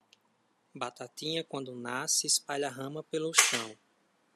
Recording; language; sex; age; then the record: short text; Brazilian Portuguese; male; 30 to 39 years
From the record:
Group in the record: control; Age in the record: 31 years